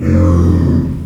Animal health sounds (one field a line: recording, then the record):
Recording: squeal of a Yucatan mini pig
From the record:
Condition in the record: after surgery on the right vocal fold (resection and tissue-engineered implant)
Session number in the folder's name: 12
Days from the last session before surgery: 105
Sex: female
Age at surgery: 19 weeks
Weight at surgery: 25 kg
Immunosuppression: prednisolone